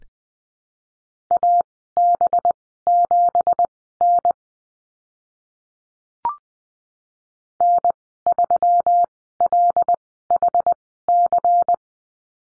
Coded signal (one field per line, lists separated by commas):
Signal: Morse code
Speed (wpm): 20 wpm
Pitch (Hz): 700 Hz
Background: none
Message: AB7N N3LHC